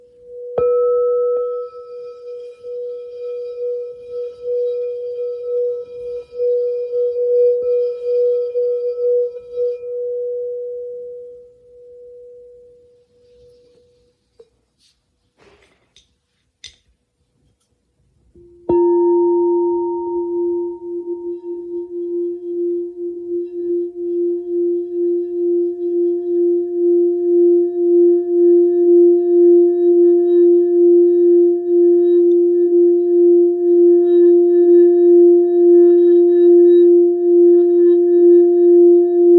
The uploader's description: Venus Gong, Root Chakra Crystal Singing Bowl, Sacral Chakra Singing Bowl, and Sacred Yoni Tibetan Singing Bowl